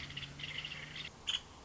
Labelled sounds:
Nuttall's Woodpecker
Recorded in Sonoma County, California

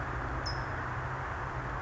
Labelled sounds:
California Towhee
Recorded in Sonoma County, California

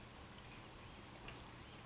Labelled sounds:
Brown Creeper
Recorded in Sonoma County, California

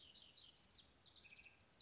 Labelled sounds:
House Wren
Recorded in Sonoma County, California

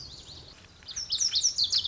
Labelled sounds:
Lazuli Bunting
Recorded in Sonoma County, California

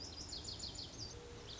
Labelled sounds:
Lazuli Bunting
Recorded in Sonoma County, California

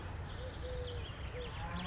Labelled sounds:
Eurasian Collared Dove
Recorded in Sonoma County, California

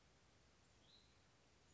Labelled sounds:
Hutton's Vireo
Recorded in Sonoma County, California

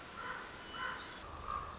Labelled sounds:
Common Raven
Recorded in Sonoma County, California

